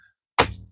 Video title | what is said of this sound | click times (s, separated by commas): ŁADNE i ORYGINALNE okna dachowe. Zakup paneli na ściany. Jaki wybraliśmy zbiornik czystej wody ? #4 | clic y se asienta bien. | 0.4 s